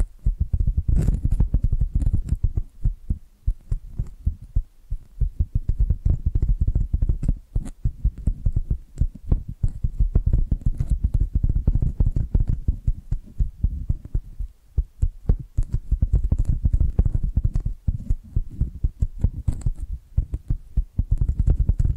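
Rapid, dull tapping triggers go on throughout, a dense stream of low, thudding knocks, with a few brighter clicks on top. The pace stays quick and fairly even, briefly thinning out around five seconds and again near fifteen seconds.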